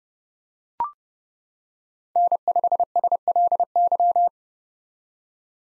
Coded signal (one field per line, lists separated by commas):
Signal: Morse code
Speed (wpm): 30 wpm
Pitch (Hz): 700 Hz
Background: none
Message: N5SLY